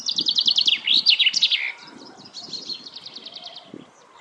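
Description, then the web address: Common chaffinch song: a fast, bright series of repeated notes ending in a short flourish, followed by fainter bird notes. "Deverinetal 2025 File origin Bird Only Fr Co"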